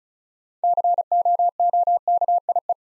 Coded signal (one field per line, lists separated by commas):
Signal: Morse code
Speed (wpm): 36 wpm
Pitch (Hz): 700 Hz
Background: none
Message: COOKIE